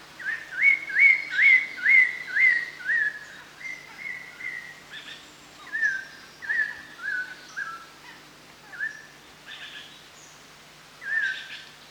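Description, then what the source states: Chestnut-hooded laughingthrush calls: a fast run of clear whistles, several per second, then scattered whistled phrases. Recorded at Danum on 1 March 2008.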